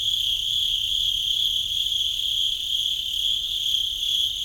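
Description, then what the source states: Cricket trilling in one steady, unbroken high buzz with faint higher overtones, holding the same pitch and loudness throughout. At Sakhalvasho, Georgia.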